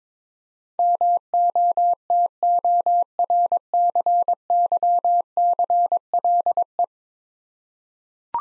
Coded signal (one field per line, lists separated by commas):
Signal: Morse code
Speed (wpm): 21 wpm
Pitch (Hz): 700 Hz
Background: none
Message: MOTORCYCLE